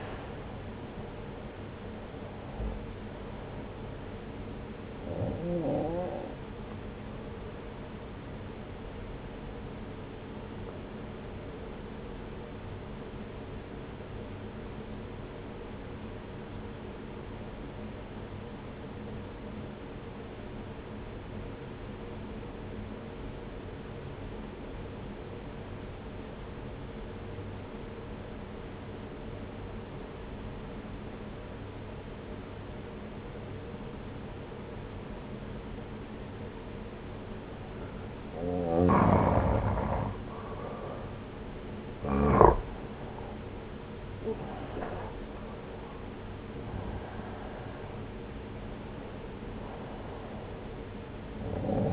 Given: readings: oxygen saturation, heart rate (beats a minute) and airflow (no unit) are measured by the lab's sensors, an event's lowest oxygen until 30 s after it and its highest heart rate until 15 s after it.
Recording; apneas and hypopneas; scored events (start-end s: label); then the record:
breathing in sleep by a voice recorder at the bedside; 1
1.00-51.93 s: new sleep stage, N1 (lightest sleep)
11.00-39.90 s: obstructive apnea (N1, oxygen 95% highest, then 87% lowest)
From the record:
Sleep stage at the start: N2 (light sleep); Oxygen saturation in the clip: 85 to 95%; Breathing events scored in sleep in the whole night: 303 in 8.1 hours asleep